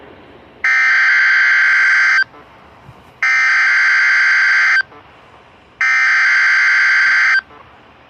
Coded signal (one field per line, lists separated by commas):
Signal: Emergency Alert System (SAME) tones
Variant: header bursts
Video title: EAS Alerts (EAS 105-111) 4/15/23